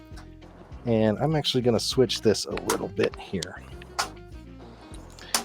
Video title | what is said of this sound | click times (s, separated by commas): Coast Guard PC - Reveal & Build | so that little clicking that you heard was the i o shield they call that going into place here | 5.4 s